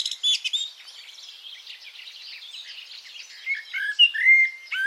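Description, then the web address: Birdsong, faint continuous twittering with a few clear whistled notes at the start and a louder cluster of whistles near the end. "cianscape birddata Deverinetal 2025 Bird Only"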